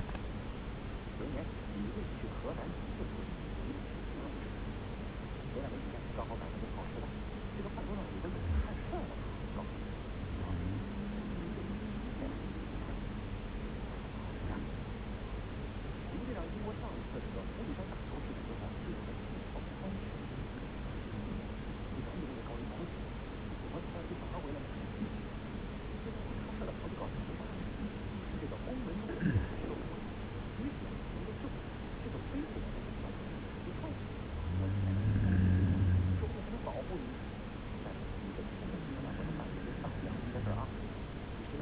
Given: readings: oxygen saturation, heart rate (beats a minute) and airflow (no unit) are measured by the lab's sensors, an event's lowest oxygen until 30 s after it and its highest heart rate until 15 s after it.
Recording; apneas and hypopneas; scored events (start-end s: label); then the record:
breathing in sleep by a voice recorder at the bedside; 1
11.00-31.30 s: hypopnea (N1, oxygen 95% highest, then 90% lowest)
From the record:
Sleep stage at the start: N1 (lightest sleep); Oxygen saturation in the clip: 90 to 95%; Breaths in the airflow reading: 10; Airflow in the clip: -1.6 to 2.4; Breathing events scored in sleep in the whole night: 335 in 6.7 hours asleep